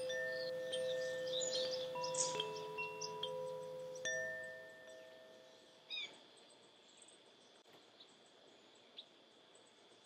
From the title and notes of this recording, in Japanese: 你可以在風鈴的共鳴管內部看見八根精準校音的含銀音柱焊接在金屬共振盤上。不到6點的時間就進入森林裡。